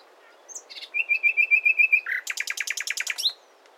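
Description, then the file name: Common nightingale song: a row of level, pure piping notes, a harsh note, then a rapid buzzy rattle and a final upslurred whistle. "Luscinia megarhynchos"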